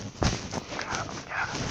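A dog gives one sharp, loud bark, followed by a couple of softer, higher yelping sounds over a steady background hiss.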